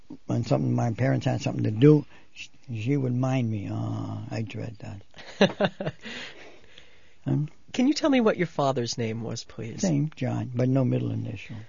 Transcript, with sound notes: when something, my parents had something to do, she would mind me. Oh, I dread that.
( he laughs ) Can you tell me what your father's name was, please?
The same, John, but no middle initial.